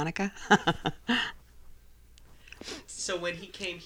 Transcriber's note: she laughs